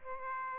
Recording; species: mosquito wingbeat signal from an infrared sensor; Aedes aegypti